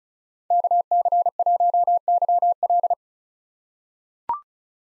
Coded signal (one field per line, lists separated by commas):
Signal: Morse code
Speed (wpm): 34 wpm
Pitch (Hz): 700 Hz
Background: none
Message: KC1YL